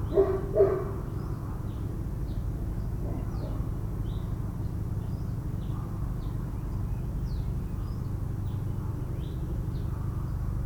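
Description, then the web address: Dog giving two quick barks at the start, followed by a low steady rumble and repeated thin bird chirps throughout. Suburban morning ambience with dogs and birds. "boom library Urban and Suburban. Suburban morning dogs birds"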